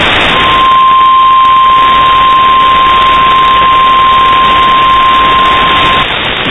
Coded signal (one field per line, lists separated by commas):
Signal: Emergency Alert System (SAME) tones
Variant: 1050 Hz attention tone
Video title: Severe thunderstorm watch 514 (8/3/22).EAS 28